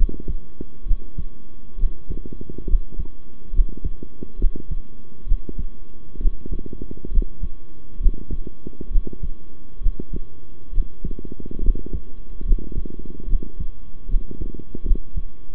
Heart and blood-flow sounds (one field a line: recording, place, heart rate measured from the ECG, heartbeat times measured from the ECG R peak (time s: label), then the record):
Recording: heart sounds by stethoscope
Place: between the tricuspid and mitral areas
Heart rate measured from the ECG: 69 bpm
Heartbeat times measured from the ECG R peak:
0.85 s: heartbeat
1.78 s: heartbeat
2.67 s: heartbeat
3.52 s: heartbeat
4.38 s: heartbeat
5.26 s: heartbeat
6.19 s: heartbeat
7.11 s: heartbeat
7.99 s: heartbeat
8.90 s: heartbeat
9.80 s: heartbeat
10.72 s: heartbeat
11.62 s: heartbeat
12.44 s: heartbeat
13.27 s: heartbeat
14.08 s: heartbeat
14.84 s: heartbeat
From the record:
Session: rest, sitting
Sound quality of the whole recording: good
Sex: male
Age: 23 years